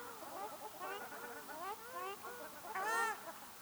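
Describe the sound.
Ruddy shelduck calls, a quick run of nasal, bending honks that ends in one louder honk.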